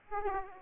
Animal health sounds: mosquito wingbeat signal from an infrared sensor; Aedes aegypti

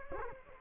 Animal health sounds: mosquito wingbeat signal from an infrared sensor; Culex quinquefasciatus

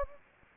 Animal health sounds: mosquito wingbeat signal from an infrared sensor; Anopheles gambiae

